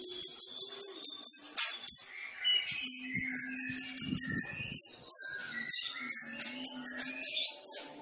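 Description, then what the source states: Sunbird singing a lively, irregular string of high sharp chips and short whistled notes, with softer warbles at lower pitch. Indonesian masteran training recording of a kolibri ninja singing gacor (vigorously), full of isian (fill phrases) and tembakan (burst phrases), suited as pancingan to provoke other birds.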